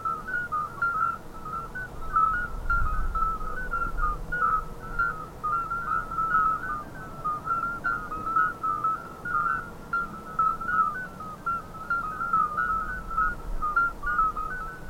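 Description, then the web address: Common midwife toad chorus: many short, pure, bell-like piping notes near one pitch, overlapping steadily throughout, with faint low rumble underneath. Chorus of several calling toads. "jurapark. Geburtshelferkröte Chor"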